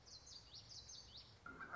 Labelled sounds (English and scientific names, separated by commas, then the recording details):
Common Yellowthroat (Geothlypis trichas)
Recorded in Sonoma County, California